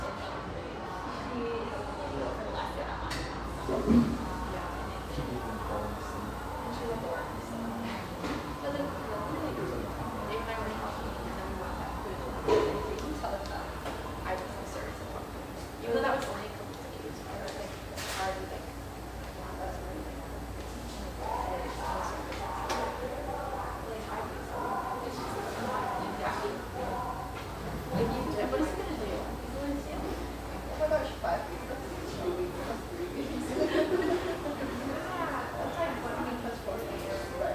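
Coffeehouse sounds with a steady murmur of overlapping conversation throughout. Scattered clinks and knocks stand out, sharper ones near 4, 12, 18 and 28 seconds, over a constant low hum. Soft radio music sits faintly underneath the chatter.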